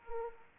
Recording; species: mosquito wingbeat signal from an infrared sensor; Anopheles arabiensis